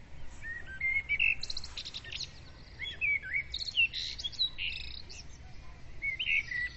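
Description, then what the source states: Birds in lively chorus, rapid twittering and rising whistled notes coming in quick, uneven bursts, with a soft background hum. Dawn chorus of birds, recorded with a ZOOM recorder.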